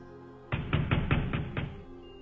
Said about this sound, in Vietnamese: Rất nhanh đã có tiếng gõ cửa.